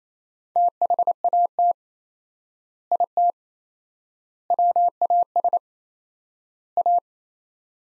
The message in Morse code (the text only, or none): THAT IT WAS A